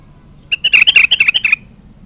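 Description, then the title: Sooty-headed bulbul song: a quick run of several bubbly, slurred notes lasting about a second, against a quiet background. "Kutilang"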